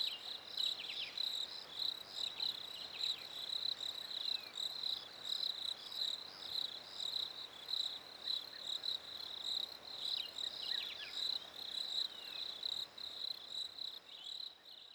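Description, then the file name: Crickets keep up a continuous high, pulsing trill, while several short bird chirps and sliding notes come and go over it. Recorded at a lake in winter, with birds present. "fresh winter lake crickets birds"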